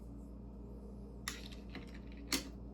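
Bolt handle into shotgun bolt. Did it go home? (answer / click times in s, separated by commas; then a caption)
yes / 2.3 s. A steel bolt handle is inserted through the receiver slot into the bolt of a Remington 11-87 semi-auto shotgun during reassembly. A sharp metallic tick at 1.3 s and a few faint light taps follow. Then a louder click at 2.3 s marks the handle seating in place with its detent.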